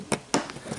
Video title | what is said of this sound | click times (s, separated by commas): 2017 Audi A3 Homelink Mirror Install | and that locks into place | 0.1 s, 0.3 s